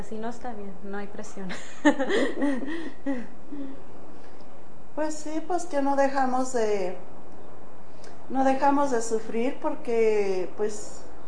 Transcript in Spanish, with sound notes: Si no, está bien, no hay presión.
(risas) Pues sí, pues, que no dejamos de, no dejamos de sufrir porque pues,